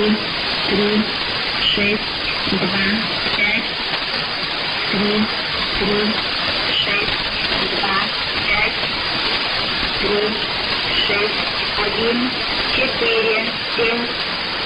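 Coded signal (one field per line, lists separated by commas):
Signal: numbers station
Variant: S06s, Russian female voice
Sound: a woman's voice reading short, evenly spaced words through heavy hissing static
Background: radio static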